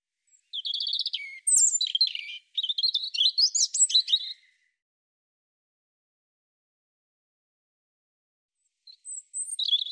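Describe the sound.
European robin singing a long, varied phrase of high, thin, tumbling notes for about four seconds, then silence before another brief phrase starts.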